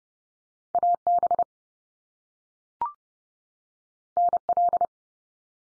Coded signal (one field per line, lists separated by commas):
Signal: Morse code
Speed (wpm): 30 wpm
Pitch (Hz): 700 Hz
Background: none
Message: AB NL